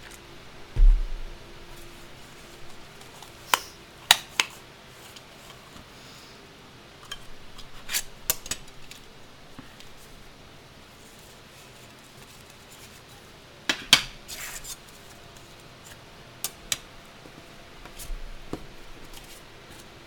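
Quiet handling sounds of candle dressing: scattered short snips and rustles over a faint steady low hum. A thump comes near the start, crisp clicks and cuts near 4 and 8 seconds, and a denser cluster of sharp scraping around 14 seconds.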